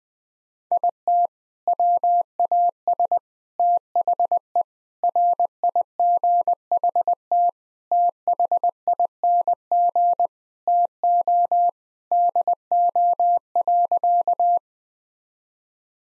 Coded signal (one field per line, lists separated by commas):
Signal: Morse code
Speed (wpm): 21 wpm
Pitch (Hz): 700 Hz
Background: none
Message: IT WAS THE RIGHT THING TO DO.